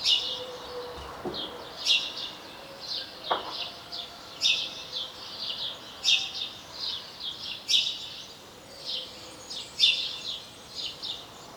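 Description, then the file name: House sparrow chirping in a busy, uneven series of bright, harsh chirps, some sharper clicks among them, with a faint low hum underneath. "Passer domesticus"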